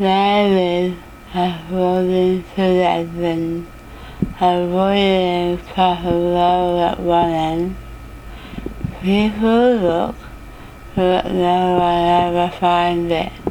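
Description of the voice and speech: An adult reads the Rainbow Passage aloud with dysarthria. The speech is slow, with drawn-out vowels, narrow pitch variation and pauses between phrases.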